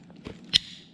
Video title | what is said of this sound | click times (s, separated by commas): Unboxing and Review PerySmith Kaden Pro K2 Cordless Vacuum Cleaner | yeah that's a snap sound | 0.6 s